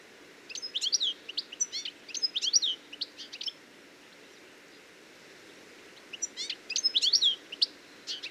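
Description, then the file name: European goldfinch giving tinkling twittering phrases in two bursts separated by about two and a half seconds of quiet, over faint background hiss. "Carduelis carduelis"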